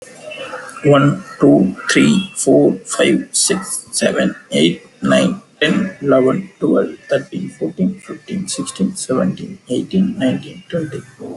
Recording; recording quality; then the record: counting at a normal pace; excellent, no background noise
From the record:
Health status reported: healthy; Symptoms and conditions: none ticked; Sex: male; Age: 31 years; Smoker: not ticked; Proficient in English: yes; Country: India